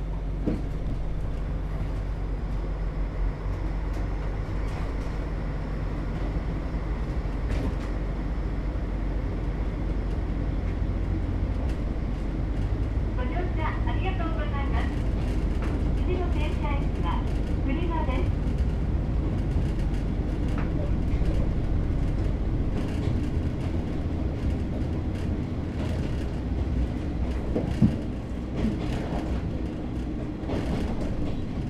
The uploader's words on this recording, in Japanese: キハ47 はやとの風2号 肥薩線 大隅横川-栗野。Since the Hisatsu Line is non-electrified, diesel trains run.JR九州の観光路線である肥薩線を走る特急「はやとの風 2号」の大隅横川～栗野間の乗車音です。ZOOM H2。